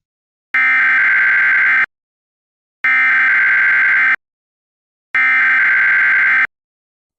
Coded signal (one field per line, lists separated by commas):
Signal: Emergency Alert System (SAME) tones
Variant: header bursts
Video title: EAS Scenario: G4 Shutdown